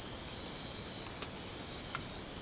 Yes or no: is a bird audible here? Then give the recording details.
no. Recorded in secondary vegetation near Puerto Asís, Putumayo, Colombia, on 30 June 2025 at 00:30. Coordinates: 0.500, -76.326. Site GP08